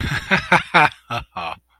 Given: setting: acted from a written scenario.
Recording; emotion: vocal sound without words; amusement